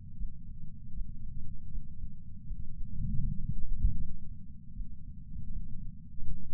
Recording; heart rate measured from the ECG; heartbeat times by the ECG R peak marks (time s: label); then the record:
heart sounds by patch sensor on the chest; 79 bpm
0.16 s: heartbeat
0.93 s: heartbeat
1.69 s: heartbeat
2.45 s: heartbeat
3.21 s: heartbeat
3.97 s: heartbeat
4.73 s: heartbeat
5.49 s: heartbeat
6.24 s: heartbeat
From the record:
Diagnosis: coronary artery disease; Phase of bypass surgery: intraoperative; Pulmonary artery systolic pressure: 27 mmHg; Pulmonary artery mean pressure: 22 mmHg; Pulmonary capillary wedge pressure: 12 mmHg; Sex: male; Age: 49 years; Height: 175 cm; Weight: 80 kg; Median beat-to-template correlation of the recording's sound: 0.80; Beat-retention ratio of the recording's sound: 1.00